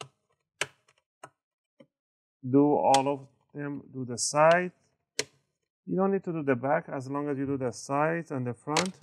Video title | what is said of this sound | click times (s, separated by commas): ASUS E410 SSD UPGRADE, STEP By STEP | you're going to hear tiny clicks | 0.0 s, 0.6 s, 1.2 s